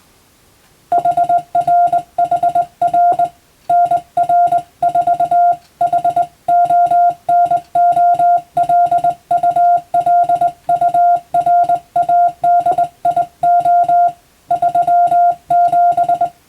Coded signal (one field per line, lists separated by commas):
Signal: Morse code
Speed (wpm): 21 wpm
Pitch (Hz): 700 Hz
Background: music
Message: HR HR NR4 HONOLULURADIO 37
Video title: モールス信号を操る匠の技！スマホ時代の今でも行われている国家試験の練習風景です。アマチュア無線ハムの受信練習にもどうぞ(morse code practice for radio operator )